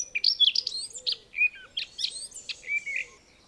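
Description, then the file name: Eurasian blackcap warbling: quick bursts of clear fluty whistles mixed with scratchy notes. "Sylvia atricapilla"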